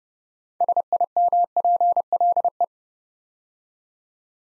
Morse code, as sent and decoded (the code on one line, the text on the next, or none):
... .. -- .--. .-.. .
SIMPLE